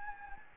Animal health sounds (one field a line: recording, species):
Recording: mosquito wingbeat signal from an infrared sensor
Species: Anopheles gambiae